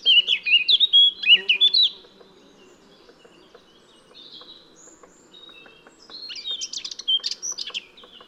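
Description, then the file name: Eurasian blackcap song: a loud two-second burst of varied warbling, a lull with soft chatter, then a second warbled phrase of rapid high notes. "Sylvia atricapilla"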